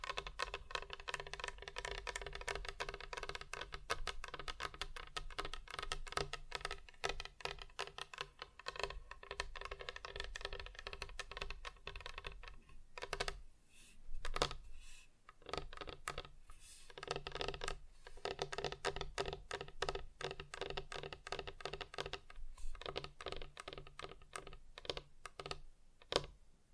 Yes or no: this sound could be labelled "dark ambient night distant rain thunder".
no